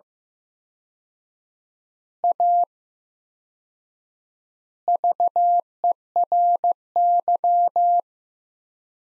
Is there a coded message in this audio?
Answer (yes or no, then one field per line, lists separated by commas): yes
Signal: Morse code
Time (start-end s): 2.2-8.0 s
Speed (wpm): 15 wpm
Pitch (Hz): 700 Hz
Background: none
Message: A VERY